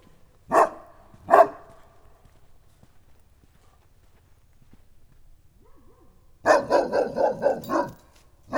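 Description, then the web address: St. Bernard barks twice in quick succession, falls silent for several seconds, then lets out a rapid burst of several barks. Farmyard dog in Nagykőrös. "allathangok parasztudvar kutya bernathegyi nagykoros"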